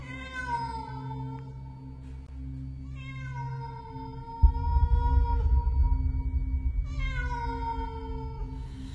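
A feral cat yowls outside a window in the middle of the night in long, drawn-out wails, three rising and falling cries with a mournful, wavering pitch, over a low steady rumble that grows louder midway.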